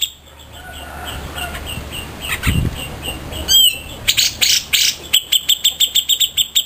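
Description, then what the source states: Grey-cheeked bulbul with scattered harsh bursts and a slurred whistle, then a fast run of clipped, ringing notes repeated several times per second. Song style called resing.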